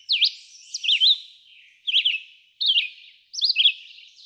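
Red-eyed vireo song: short slurred whistled phrases, some rising and some falling, separated by brief pauses, five phrases in about four seconds.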